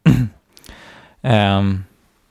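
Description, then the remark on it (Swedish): A short, rough cough burst, followed by a softer breathy rasp and then a voiced, humming throat clear that holds for about half a second before fading out. “Nu måste jag hosta lite.”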